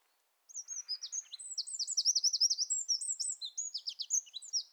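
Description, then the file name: Eurasian wren song: a loud, rapid, high-pitched torrent of trills and sharp notes lasting over four seconds, with a faint low buzzy rattle near the start. "Troglodytes troglodytes"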